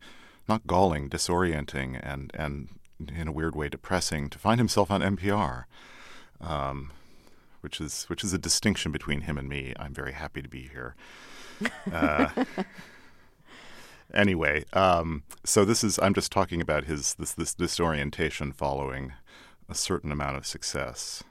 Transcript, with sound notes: not galling, disorienting and, in a weird way, depressing to find himself on NPR, which is a distinction between him and me. I'm very happy to be here.
(SOUNDBITE OF LAUGHTER)
Anyway, so this is - I'm just talking about his disorientation following a certain amount of success.